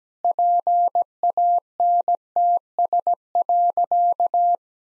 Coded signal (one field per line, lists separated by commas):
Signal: Morse code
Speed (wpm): 17 wpm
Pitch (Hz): 700 Hz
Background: none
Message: PANTS.